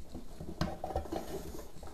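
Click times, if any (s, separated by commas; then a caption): none. The second plastic half-shell of a Miele tumble dryer's rear drum bearing housing is set on from the side and handled around the bearing. Soft handling rustles and patter are broken by a sharp knock at 0.6 s and lighter knocks near 0.8 s and 1.0 s. Nothing has seated or clicked yet.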